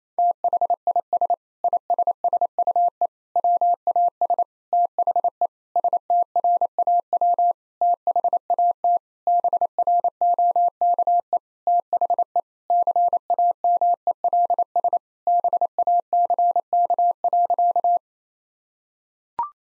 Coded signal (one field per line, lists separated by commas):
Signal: Morse code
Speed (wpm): 28 wpm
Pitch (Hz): 700 Hz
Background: none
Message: THIS ISSUE WAS THE STRAW THAT BROKE THE CAMELS BACK.